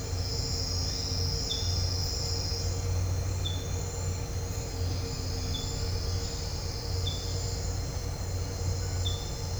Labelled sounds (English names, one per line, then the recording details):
none
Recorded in dense forest near Puerto Asís, Putumayo, Colombia, on 4 March 2025 at 08:00
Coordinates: 0.468, -76.322
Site GP01